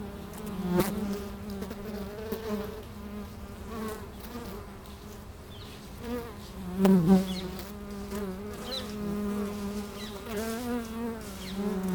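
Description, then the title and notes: Bees buzzing in a steady low drone with rich harmonics, individual bees flying past with brief rising and falling whines, swelling loudly near seven seconds. Bees recorded with microphones placed at the hive entrance in the bee pavilion of Meise Botanical Garden, Belgium. "Plantentuin, Meise, Belgique - Abeilles - Bees. Meise, Jardin botanique. Pavillon des abeilles, micros placés à l'entrée de la ruche"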